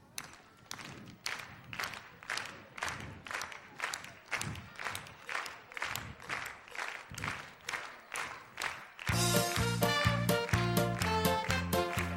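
A group claps hands together in a steady, even rhythm, sharp claps about twice a second for several seconds, before loud, bright music suddenly starts and takes over.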